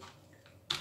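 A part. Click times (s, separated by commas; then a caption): 0.7 s. An action camera's quick-release buckle is pulled out of its chest harness mount after resisting because of its safety catch. A faint tick at 0.5 s is followed by a sharp snap at 0.7 s as the buckle releases from the mount.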